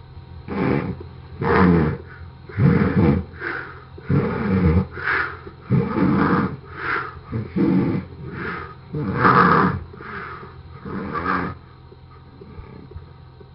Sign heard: Sleep apnea.